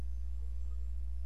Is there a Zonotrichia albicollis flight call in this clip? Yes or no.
no